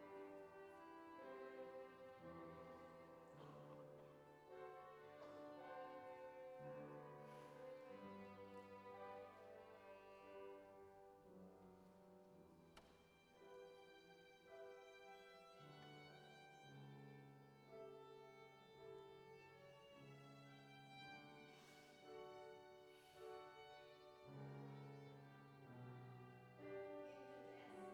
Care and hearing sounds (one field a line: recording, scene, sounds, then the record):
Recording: everyday scene through a hearing-aid microphone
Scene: reverberant space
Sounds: music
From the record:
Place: church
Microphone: behind the ear, left, rear